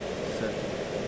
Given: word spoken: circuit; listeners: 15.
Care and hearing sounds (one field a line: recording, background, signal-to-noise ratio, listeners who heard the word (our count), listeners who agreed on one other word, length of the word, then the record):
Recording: one English word in noise, from a listening test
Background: speech-shaped noise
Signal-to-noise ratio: -6.9 dB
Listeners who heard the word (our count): 0 of 15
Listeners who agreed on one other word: 6 of 15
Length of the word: 0.68 s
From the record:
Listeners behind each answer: 6, 3, 1, 1, 1, 1, 1, 1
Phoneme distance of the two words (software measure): 21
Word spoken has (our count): 2 syllables, 5 phonemes, stress on syllable 1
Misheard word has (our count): 2 syllables, 4 phonemes, stress on syllable 1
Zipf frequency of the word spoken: 3.97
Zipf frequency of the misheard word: 4.99